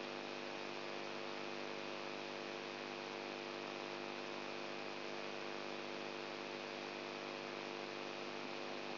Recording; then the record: brain microelectrode recording played as sound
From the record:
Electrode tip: outside the subthalamic nucleus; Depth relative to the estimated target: -5 mm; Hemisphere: right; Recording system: AlphaMap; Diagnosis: Parkinson's disease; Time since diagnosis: 20 years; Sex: female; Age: 64 years